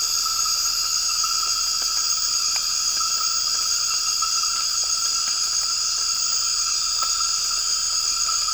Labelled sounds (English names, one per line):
none